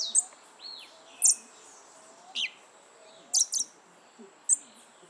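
Western red-legged thrush giving sharp, high, abrupt calls at irregular intervals, some doubled, over a steady high whine.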